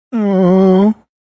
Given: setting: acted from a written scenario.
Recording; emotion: vocal sound without words; guilt